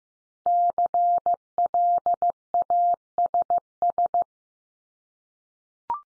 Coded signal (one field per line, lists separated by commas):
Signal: Morse code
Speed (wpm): 15 wpm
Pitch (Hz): 700 Hz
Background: none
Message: CLASS